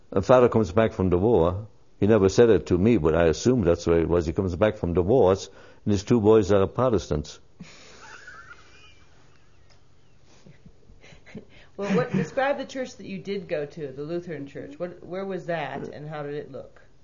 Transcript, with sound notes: And father comes back from the war - he never said it to me, but I assumed that's where he was - he comes back from the wars, and his two boys are Protestants. (Laughs)
Well, what - describe the church that you did go to - the Lutheran church - what- where was that, and how did it look?